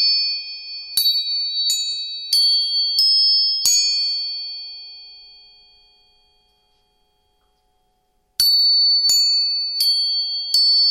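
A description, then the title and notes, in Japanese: Tuning forks are struck again and again, each tap a bright metallic ding with a crisp attack and a high ringing tone that lingers. Five strikes come about every second, the ring fades into near silence, and then a second run of strikes begins near the end. 音叉チューニング全体性。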